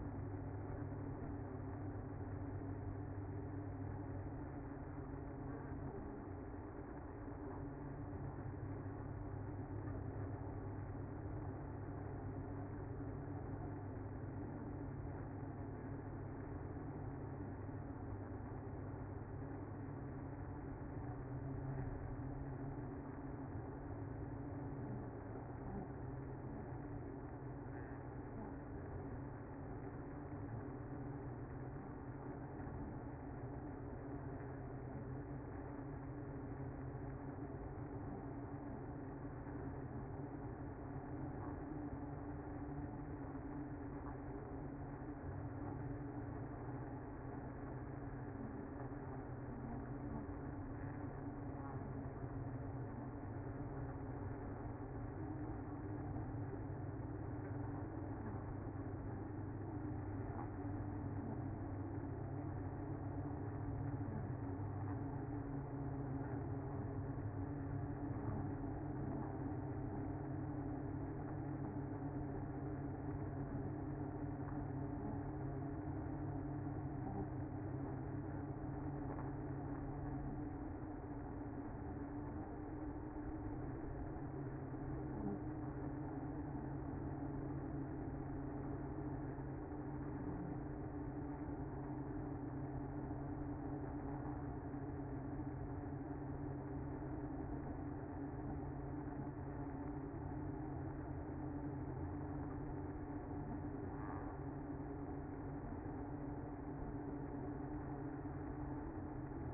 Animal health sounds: honeybee colony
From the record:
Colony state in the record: active

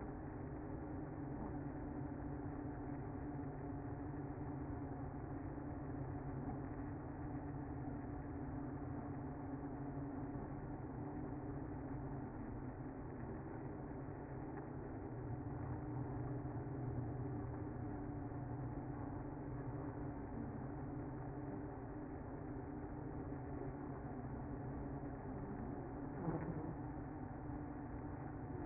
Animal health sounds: honeybee colony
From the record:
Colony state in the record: active

